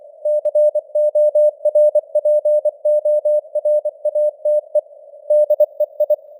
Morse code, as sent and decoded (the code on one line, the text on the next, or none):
-.-. --- .-. .--. --- .-. .- - . / -.. . ..
CORPORATE DEI